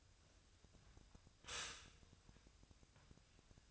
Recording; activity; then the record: daily activity, microphone in the room; stop toaster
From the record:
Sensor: 2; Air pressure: 1001.9 hPa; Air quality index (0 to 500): 246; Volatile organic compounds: 37 ppm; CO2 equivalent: 3105 ppm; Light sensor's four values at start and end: 9/30/12/11 and 9/30/12/11